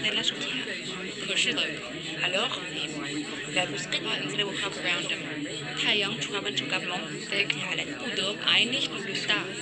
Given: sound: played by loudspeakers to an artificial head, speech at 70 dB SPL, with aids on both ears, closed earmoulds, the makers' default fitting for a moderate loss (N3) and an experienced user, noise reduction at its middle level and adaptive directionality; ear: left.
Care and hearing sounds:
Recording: speech test signal (ISTS) in cocktail-party noise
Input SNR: -6 dB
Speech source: in front (0 degrees)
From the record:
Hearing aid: class 1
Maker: C

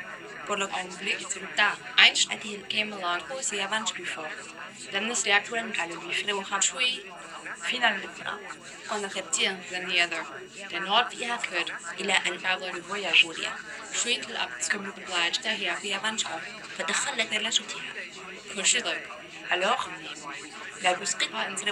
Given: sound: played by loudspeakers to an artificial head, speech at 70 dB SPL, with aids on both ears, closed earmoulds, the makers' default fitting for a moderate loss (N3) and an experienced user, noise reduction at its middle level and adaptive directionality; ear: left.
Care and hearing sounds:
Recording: speech test signal (ISTS) in cocktail-party noise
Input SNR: +3 dB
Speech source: in front (0 degrees)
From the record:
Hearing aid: class 2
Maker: E

